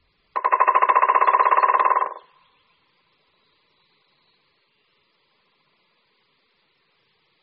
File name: Strakapoud-bělohřbetý